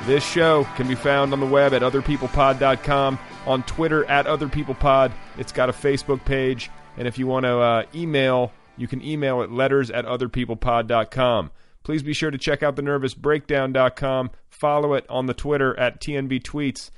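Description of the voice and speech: An adult man reads announcements in a clear, fluent voice, with a steady mid-low pitch, natural phrasing and brief pauses between phrases. Articulation is crisp, with no hoarseness, slurring or dysfluency. This is ordinary, typical speech.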